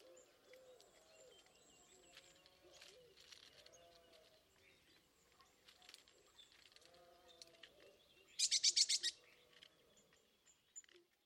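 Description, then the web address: Bird call: one short burst of rapid high pulsed notes rising above a busy background of other birds' whistles and chatter. "Bird Only"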